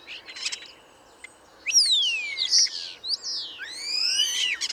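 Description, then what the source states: Common Starling song: a medley of long descending and rising whistles, sharp clicks and buzzy bursts. 5 to 8 birds vocally challenging each other atop a plane tree in woodland; trills, whistles, rolls, calls; foggy cool morning, barely 8°C, 1 January 2019; Nagra Seven recorder, Wildtronic parabola, mono.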